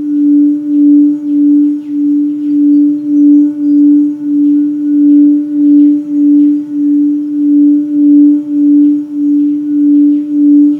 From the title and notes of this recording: The sound from the ancient singing bowls. Ayesha practices the traditional form of Sound healing, with the Tibetan singing bowls.